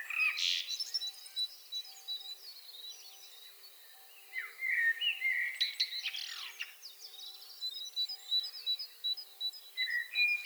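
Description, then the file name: Common blackbird song: short fluted phrases near the start, middle and end, each ending in squeaky twitters, over a busy chorus of high chirping from other birds. "Turdus merula"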